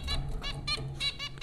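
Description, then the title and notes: Zebra finch nasal calls repeated in quick succession, several buzzy beeps with a steady low hum behind them. Zebra finches at Popcorn School, Flatbush, Brooklyn, New York; recorded April 2009 by Dan Bodah. "Dronecast No. 030: The Popcorn Finches Four from Apr 15, 2009. Zebra finches recorded by Dan Bodah at Popcorn School, Flatbush, Brooklyn NY in April 2009"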